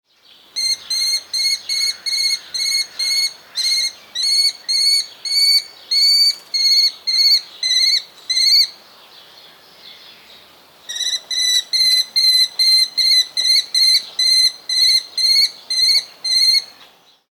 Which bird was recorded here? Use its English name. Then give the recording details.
Mauritius Kestrel. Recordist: Tembrock, Günter. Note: Zwei Tiere: Rufreihen